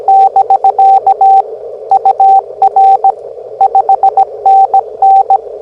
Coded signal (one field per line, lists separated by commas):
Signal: Morse code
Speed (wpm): 17 wpm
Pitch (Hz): 780 Hz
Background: radio noise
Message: <BK> UR 5NN